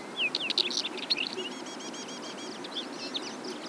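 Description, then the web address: Northern wheatear song: quick scratchy, crackling notes mixed with brief high whistles, followed by a rapid even run of dry ticking notes, with steady low background hiss. "Wheatear"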